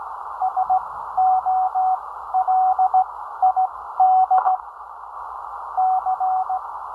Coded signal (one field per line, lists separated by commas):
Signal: Morse code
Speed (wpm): 15 wpm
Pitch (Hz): 750 Hz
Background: none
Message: SOLID C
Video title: Amateur radio contact - Morse code with captions. Ten-Tec 506 Rebel